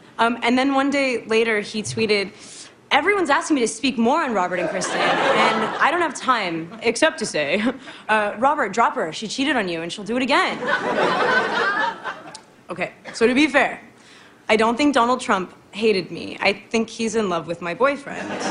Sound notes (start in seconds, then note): 4.6 laughter; 10.6 laughter